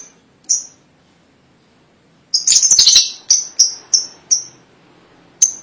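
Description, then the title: Lovebird making a lone high chirp, then a shrill chattering burst followed by four evenly spaced sharp chirps and one more at the end. "BM Suara Burung Lovebird"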